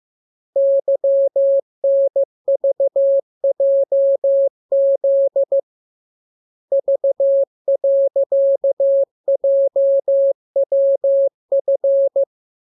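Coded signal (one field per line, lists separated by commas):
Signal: Morse code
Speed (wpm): 15 wpm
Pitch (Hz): 550 Hz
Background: none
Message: YNVJZ V.JWF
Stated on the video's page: Morse lesson drill of letters, numbers, punctuation and Q-codes for amateur radio; each radiogram begins with VVV and a section sign and ends with AR.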